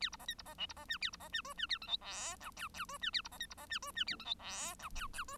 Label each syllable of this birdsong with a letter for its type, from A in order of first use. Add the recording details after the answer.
A B C D B C E B C F A B C F G F A H I J K L L G F A B C D B C F G F A H I J K L L G. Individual Bird1